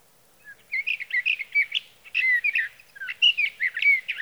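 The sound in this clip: Sage thrasher singing rapid, tumbling warbled phrases, pausing briefly between bursts of mixed whistled notes.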